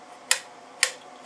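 An adjustable metal bipod leg extension on a Barrett 82A1 rifle is pulled out of its bipod leg housing, giving sharp metallic clicks at 0.3 s and 0.8 s as it steps through its detent positions. A fainter tick follows near 1.3 s. The leg is seated two clicks down.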